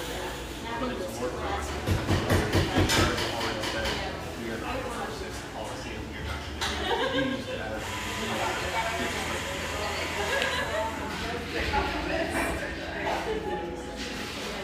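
Steady murmur of overlapping voices in a North Beach espresso joint, with clinks and brief clatters scattered throughout, busiest around two to three seconds.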